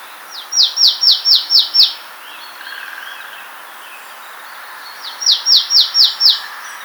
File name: Poecile palustris